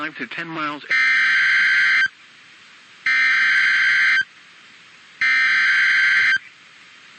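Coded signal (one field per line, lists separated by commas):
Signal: Emergency Alert System (SAME) tones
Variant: header bursts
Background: speech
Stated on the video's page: Real EAS captures of severe weather alerts.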